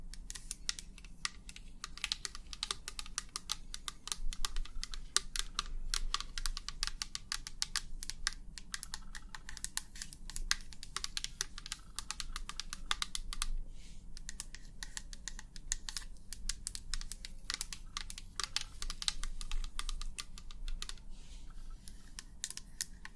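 Rapid, irregular tapping like fingers on a keyboard runs through the whole clip, the clicks dense and bright with brief pauses between bursts. A low, steady hum sits underneath throughout.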